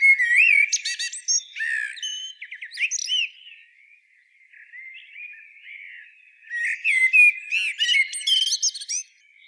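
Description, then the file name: Common blackbird delivering two busy phrases of looping whistles and shrill twittering notes, separated by a few seconds of soft, subdued warbling. "Turdus merula"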